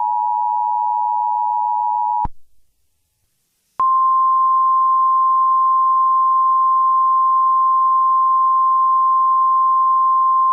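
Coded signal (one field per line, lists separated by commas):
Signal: Emergency Alert System (SAME) tones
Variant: 853 and 960 Hz attention tone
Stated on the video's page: Fictional entertainment EAS mock scenario using valid EAS tones; not a real alert.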